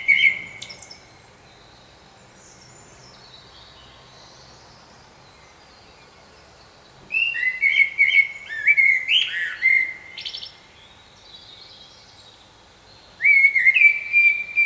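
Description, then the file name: Common blackbird song in bursts: a brief whistle at the start, a longer warbling phrase in the middle with high twitters, another phrase at the end. "Turdus merula"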